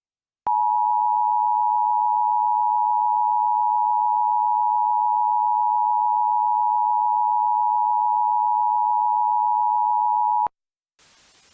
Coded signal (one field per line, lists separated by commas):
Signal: Emergency Alert System (SAME) tones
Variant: 853 and 960 Hz attention tone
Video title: EAS Scenario: Black Undeath